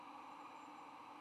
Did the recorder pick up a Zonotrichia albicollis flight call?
no